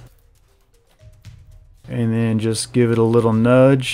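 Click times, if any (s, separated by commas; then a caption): none. Light handling taps and rustles come as the interior assembly of a Moebius 1/35 scale Jupiter 2 plastic model, with three magnets hot-glued to its bottom, is lined up on a peg hole in the saucer hull before being nudged down onto the magnets. Music plays in the background, and from about 1.8 s someone talks over it. Nothing has seated or clicked yet.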